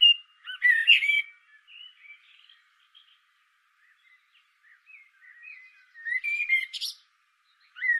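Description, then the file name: Common blackbird song: a loud warbled phrase with a scratchy twitter at the start, quieter soft notes, then another fluted phrase and high screechy ending. "Turdus merula"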